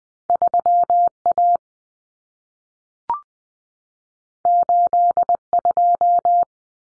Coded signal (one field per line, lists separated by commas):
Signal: Morse code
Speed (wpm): 20 wpm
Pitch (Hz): 700 Hz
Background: none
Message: 3A 82